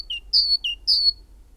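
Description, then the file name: Great tit giving high whistles alternating with lower notes, ending on a high whistle, then a brief pause. "Parus major"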